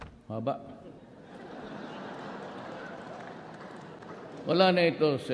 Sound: laughter